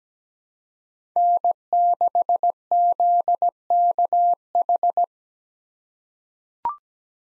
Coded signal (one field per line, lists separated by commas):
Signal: Morse code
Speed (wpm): 17 wpm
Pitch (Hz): 700 Hz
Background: none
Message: N6ZKH